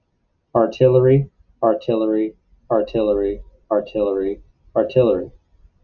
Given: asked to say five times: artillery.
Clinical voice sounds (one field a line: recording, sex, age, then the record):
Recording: repeated word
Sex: male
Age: 40 to 49 years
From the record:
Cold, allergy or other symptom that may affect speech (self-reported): no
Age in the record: 40 years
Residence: Massachusetts, United States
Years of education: 18